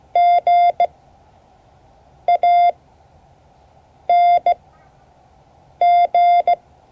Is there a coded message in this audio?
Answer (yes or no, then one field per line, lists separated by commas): yes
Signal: Morse code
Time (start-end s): 0.2-6.5 s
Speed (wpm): 16 wpm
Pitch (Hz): 690 Hz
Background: none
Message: G A N G